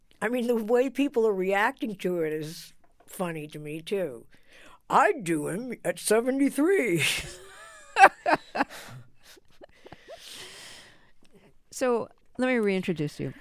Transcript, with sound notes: I mean, the way people are reacting to it is funny to me, too. I'd do him at 73.
(LAUGHTER)
So let me reintroduce you.